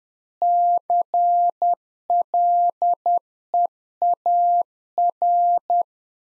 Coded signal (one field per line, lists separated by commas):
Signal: Morse code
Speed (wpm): 10 wpm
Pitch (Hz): 700 Hz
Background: none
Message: CLEAR